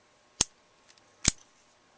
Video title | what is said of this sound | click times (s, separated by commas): Makita Impact Gold Impact Driver Magnetic Bit Holder | as soon as you put it on listen for the click | 0.4 s, 1.3 s